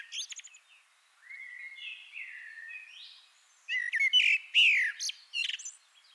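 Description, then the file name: Common blackbird song: mellow fluted whistles gliding around the middle register, then bursts of high, squeaky twittering notes near the end. "Turdus merula"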